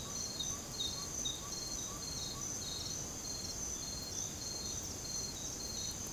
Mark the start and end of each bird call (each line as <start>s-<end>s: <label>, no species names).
0.00s-2.44s: bird call